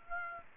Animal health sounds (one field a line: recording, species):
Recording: mosquito wingbeat signal from an infrared sensor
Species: Aedes aegypti